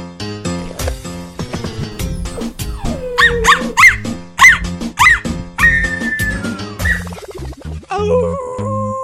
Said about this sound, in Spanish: En teoría esto es música para que el perro se relaje. Para que se relaje, ¿verdad?